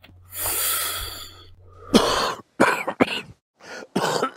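An inhaled breath, then four or five harsh, wet cough bursts in a row: a long, acted smoker's cough.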